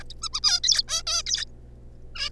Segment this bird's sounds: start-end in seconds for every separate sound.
0.10-0.13, 0.22-0.29, 0.33-0.40, 0.43-0.60, 0.64-0.82, 0.88-1.02, 1.07-1.22, 1.26-1.45, 2.15-2.29